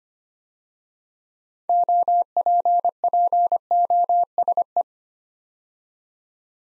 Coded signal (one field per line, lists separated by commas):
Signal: Morse code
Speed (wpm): 25 wpm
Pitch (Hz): 700 Hz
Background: none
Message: OPPOSE